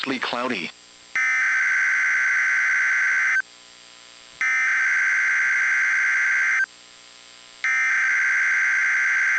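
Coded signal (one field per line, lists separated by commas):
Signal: Emergency Alert System (SAME) tones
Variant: header bursts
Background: speech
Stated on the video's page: AMBER Alert relayed by NWS Nashville at Tennessee Bureau of Investigation request.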